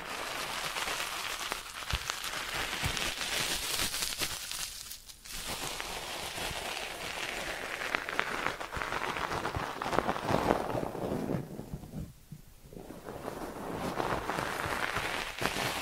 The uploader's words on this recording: ASMR 10 Sleep Inducing Ear Cleaning Triggers with 3D Brain Penetration (No Talking).